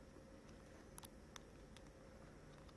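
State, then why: Not seated. A small memory card is handled at the card slot of a portable audio player while it is pushed back in. Faint, sharp ticks come at about 1.0 s and 1.4 s over a steady low hum and hiss. Nothing has seated or clicked yet.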